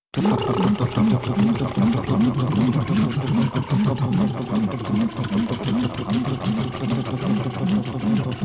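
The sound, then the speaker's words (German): Helicopters circling over a city, a loud, continuous mechanical roar with a steady, rapid low thumping rhythm from the rotors that persists without pause. “Den ganzen Abend Gerüchte, begleitet vom Lärm der Hubschrauber, die über der Stadt kreisen.”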